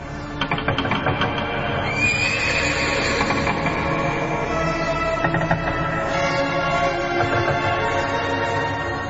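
horse neighing

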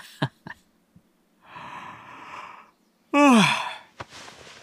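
yawn

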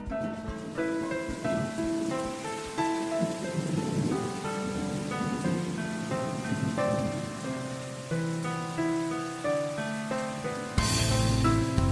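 rain with distant thunder

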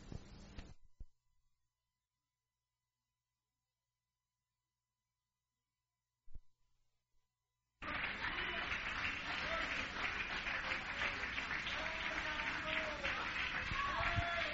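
audience applauding

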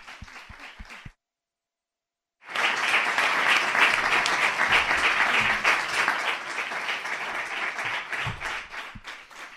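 audience applause

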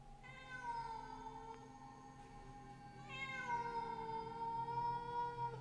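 eerie cat meow

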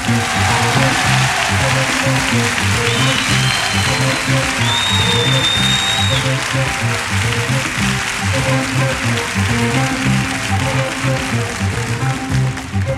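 audience applause

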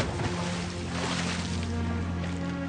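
stormy sea waves

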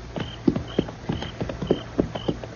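horse hooves clip-clopping

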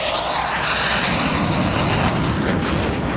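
airplane flying

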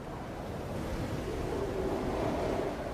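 ocean waves and wind

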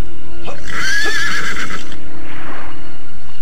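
horse neighing

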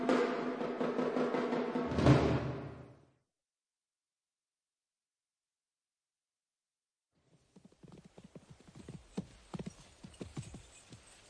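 horse hooves clip-clopping

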